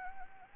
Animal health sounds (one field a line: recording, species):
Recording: mosquito wingbeat signal from an infrared sensor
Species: Anopheles gambiae